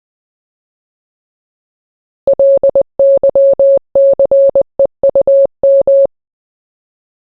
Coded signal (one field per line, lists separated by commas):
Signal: Morse code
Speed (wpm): 20 wpm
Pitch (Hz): 550 Hz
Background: none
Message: LYCEUM